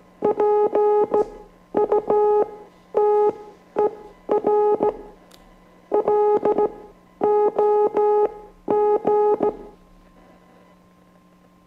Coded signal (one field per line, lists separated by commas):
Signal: Morse code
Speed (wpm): 15 wpm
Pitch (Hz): 420 Hz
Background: music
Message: PUTER LOG